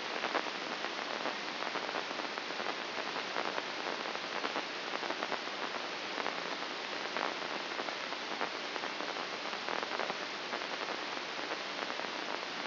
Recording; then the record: brain microelectrode recording played as sound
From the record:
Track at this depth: inside the subthalamic nucleus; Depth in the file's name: 5.029 mm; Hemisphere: left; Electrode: 2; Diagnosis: Parkinson's disease